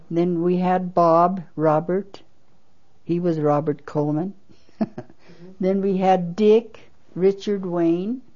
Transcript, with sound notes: Then we had Bob - Robert. He was Robert Coleman. (laughs) Then we had Dick - Richard Wayne.